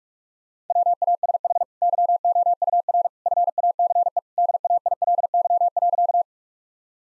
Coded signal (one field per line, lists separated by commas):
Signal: Morse code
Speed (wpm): 46 wpm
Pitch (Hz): 700 Hz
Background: none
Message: WASH YOUR FACE DAILY.